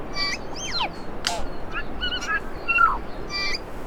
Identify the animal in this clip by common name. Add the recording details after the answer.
New Zealand Bellbird. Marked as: Cheesy, CUVsqueak, Cough(clickCUV), Alarmy(short+up), Alarmy(twobitCUV+stutter+rightio), Chortle_Ghh. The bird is a male. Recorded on Cuvier Island, New Zealand, on 4 November 2016. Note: LongSeqRepClicks